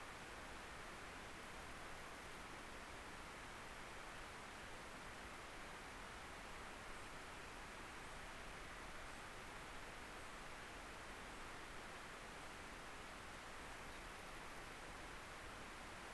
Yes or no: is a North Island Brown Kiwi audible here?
no